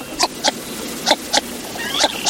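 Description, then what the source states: Northern Shoveler giving a few short knocking clucks, spaced unevenly in pairs. Autumn on lakes and ponds; feeding by skimming tiny plants and animals off the water's surface.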